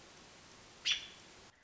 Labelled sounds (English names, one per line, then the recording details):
American Robin
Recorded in Sonoma County, California